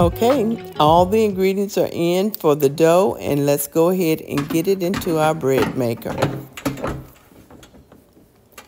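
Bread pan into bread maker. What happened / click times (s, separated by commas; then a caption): The pan snapped into its seat / 8.6 s. A bread pan holding the dough ingredients is set into a bread maker while someone talks over music. After the talking stops, a few soft knocks follow as the pan goes in and is pressed down. It snaps into place with a sharp click at 8.6 seconds.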